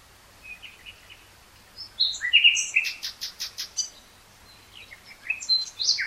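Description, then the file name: Common nightingale song, fairly quiet: scattered chirps and whistles with a short run of repeated notes. "Luscinia megarhynchos"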